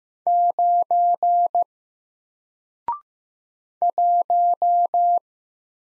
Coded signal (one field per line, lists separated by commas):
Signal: Morse code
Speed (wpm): 15 wpm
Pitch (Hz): 700 Hz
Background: none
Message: 9 1